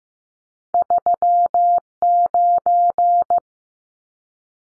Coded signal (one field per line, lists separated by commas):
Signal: Morse code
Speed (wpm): 15 wpm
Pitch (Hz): 700 Hz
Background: none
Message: 39